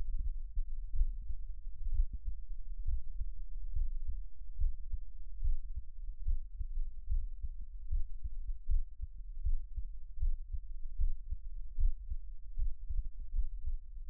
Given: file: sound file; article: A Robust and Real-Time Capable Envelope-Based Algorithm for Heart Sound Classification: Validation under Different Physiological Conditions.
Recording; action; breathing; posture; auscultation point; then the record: heart sounds by electronic stethoscope; rest; deep; sitting; Erb’s point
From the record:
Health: healthy, no known heart disease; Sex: male